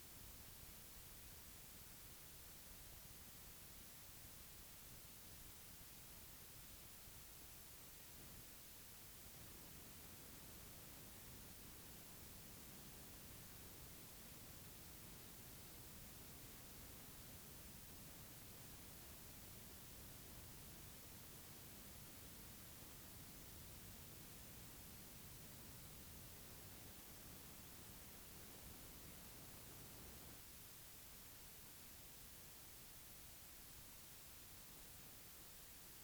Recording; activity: daily activity, guitar pickup as the sensor; sit